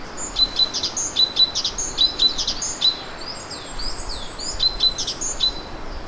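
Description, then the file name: Great tit calling: a quick series of sharp high chirps mixed with short level whistled notes, against a light hiss. "Parus major"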